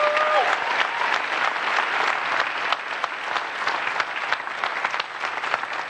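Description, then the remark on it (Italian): A large audience in San Francisco applauds Steve Jobs on his surprise return to the stage, a dense crackle of many hands clapping at even loudness for the whole stretch, with a faint brief tone at the very start and no one speaking. “Gli applausi non sono per 2024, ma per Steve Jobs, che a sorpresa, nonostante la malattia che a gennaio l'ha costretto a lasciare l'azienda, è tornato sul palco”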